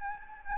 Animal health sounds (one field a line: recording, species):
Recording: mosquito wingbeat signal from an infrared sensor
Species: Anopheles gambiae